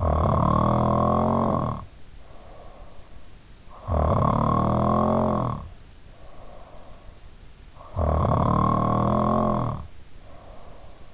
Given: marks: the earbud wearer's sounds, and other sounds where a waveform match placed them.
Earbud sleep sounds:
sounds in sleep by an in-ear microphone; snoring breath
0.00-3.03 s: snoring breath
3.66-7.20 s: snoring breath
7.71-11.14 s: snoring breath

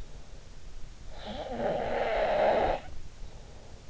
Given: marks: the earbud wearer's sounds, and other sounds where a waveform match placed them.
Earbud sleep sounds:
sounds in sleep by an in-ear microphone; snoring breath
1.07-3.80 s: snoring breath

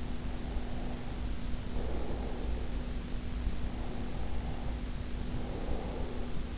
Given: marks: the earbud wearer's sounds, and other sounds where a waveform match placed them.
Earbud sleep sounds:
sounds in sleep by an in-ear microphone; breath
0.03-2.91 s: breath
3.51-6.58 s: breath

